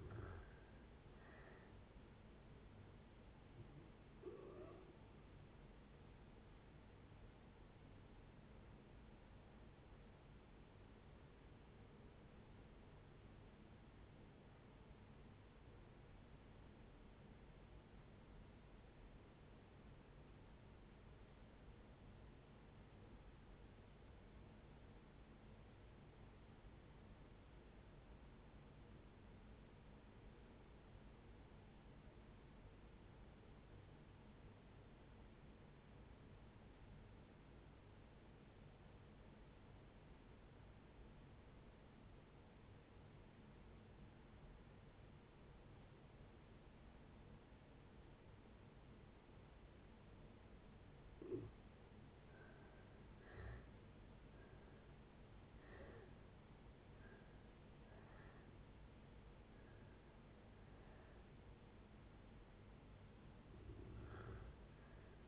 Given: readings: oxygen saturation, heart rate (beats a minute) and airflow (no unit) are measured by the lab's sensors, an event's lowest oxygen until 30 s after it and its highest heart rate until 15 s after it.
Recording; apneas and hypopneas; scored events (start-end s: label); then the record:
breathing in sleep by a voice recorder at the bedside; 1
3.00-63.00 s: new sleep stage, REM sleep
10.00-52.40 s: obstructive apnea (REM, oxygen 95% highest, then 61% lowest, heart rate 64 at the start, 82 highest)
63.00-65.28 s: new sleep stage, N1 (lightest sleep)
From the record:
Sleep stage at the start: N1 (lightest sleep); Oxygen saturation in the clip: 63 to 95%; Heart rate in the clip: 53 to 82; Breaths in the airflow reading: 9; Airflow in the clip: -7.8 to 7.6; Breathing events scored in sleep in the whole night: 496 in 5.4 hours asleep